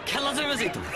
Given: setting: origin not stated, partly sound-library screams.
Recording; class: one-second piece from a danger detection set; normal situation